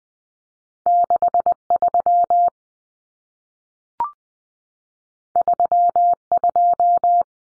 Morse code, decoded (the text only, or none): 63 32